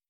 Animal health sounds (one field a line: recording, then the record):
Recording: hydrophone in a shrimp aquaculture tank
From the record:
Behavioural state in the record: starved